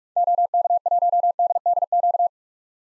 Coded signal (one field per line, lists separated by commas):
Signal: Morse code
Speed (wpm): 43 wpm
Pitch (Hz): 700 Hz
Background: none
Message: OK1DDQ